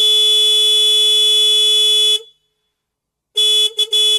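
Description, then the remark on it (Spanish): A loud, buzzy car horn blares in one long steady blast of about two seconds, falls silent, then honks again in a longer blast followed by two quick taps, sounded by the next radio program as a signal for the current show to end. “¿Está tocando bocina ya?”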